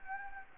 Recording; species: mosquito wingbeat signal from an infrared sensor; Anopheles gambiae